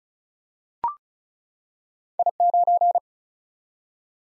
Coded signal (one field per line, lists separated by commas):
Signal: Morse code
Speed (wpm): 35 wpm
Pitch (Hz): 700 Hz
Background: none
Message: I9